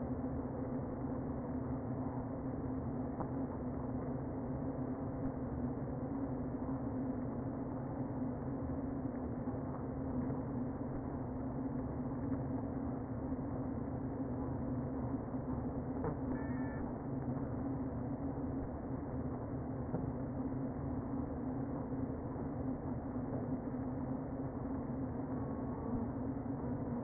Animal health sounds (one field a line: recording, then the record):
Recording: honeybee colony, microphone inside the hive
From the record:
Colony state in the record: queen present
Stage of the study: before two queens were removed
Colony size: about 60,000 bees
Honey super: yes